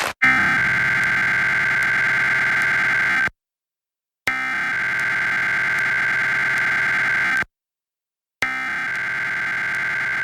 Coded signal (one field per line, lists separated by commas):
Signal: Emergency Alert System (SAME) tones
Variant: header bursts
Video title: EAS #916-917: 2 EAS Required Monthly Tests- Mar. 8, 2024- 11:45AM PST